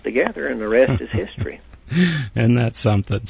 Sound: laughing